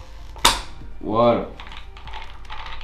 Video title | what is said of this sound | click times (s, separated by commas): ARRMA GRANITE BOOST MEGA problème couronne en plastique | voilà vous avez vu là ça s'enclenche tout seul pas besoin de forcer | 0.5 s